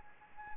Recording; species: mosquito wingbeat signal from an infrared sensor; Anopheles gambiae